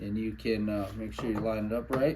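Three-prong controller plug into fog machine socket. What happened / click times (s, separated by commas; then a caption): No seating click; the plug is only being lined up / none. A manual controller's three-prong plug is lined up with the socket on the back of an FM 1200 fog machine while someone talks. The plug is being handled and not yet home; nothing has seated or clicked yet.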